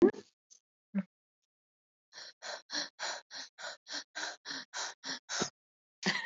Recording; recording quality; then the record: shallow breathing; excellent, no background noise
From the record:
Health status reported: exposed to COVID-19, no respiratory illness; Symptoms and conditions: cough, cold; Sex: female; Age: 49 years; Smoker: no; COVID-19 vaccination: both doses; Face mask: not worn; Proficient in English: no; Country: India